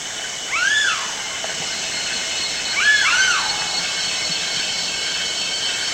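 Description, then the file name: Banded broadbill giving arched whistled notes with harmonics, one and then an overlapping pair about two seconds later, over a steady high background hiss. "eurylaimus javanicus"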